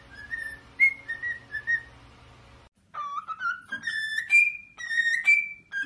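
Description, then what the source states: Cockatiel whistling in a run of short rising notes, a brief gap, then a stronger series of clear whistles climbing and holding steady. Cockatiels singing and whistling, more than one bird.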